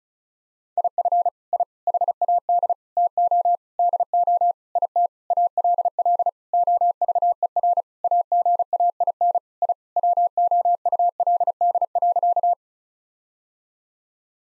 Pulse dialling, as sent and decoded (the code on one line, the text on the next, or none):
none